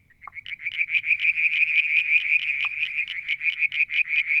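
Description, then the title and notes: Frog calling in quick rhythmic high pulses that build in strength, with two short lower knocks. Striped marsh frog, Verreaux's tree frog and an unidentified frog calling one evening near a water tank, Mount Wilson, New South Wales, Australia, July 2022. "Frog song, Mount Wilson, New South Wales, Australia in July 2022 – by Alexander Moffatt. Limnodynastes Peronii, Litoria Verreauxii and a mystery frog one evening near the water tank"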